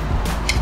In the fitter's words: yeah and it clicks right into place